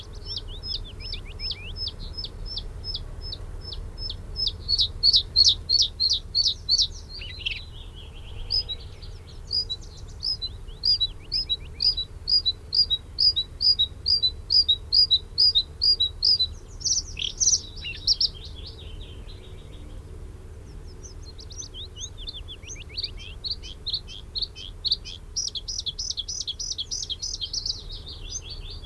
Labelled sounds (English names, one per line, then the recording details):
Bluethroat song
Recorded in the wild
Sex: male
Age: adult
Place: Hallstadt, Bayern, DE
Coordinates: 49.9247, 10.8625
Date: 1964-04-17
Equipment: Vollspur
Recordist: Tretzel, Erwin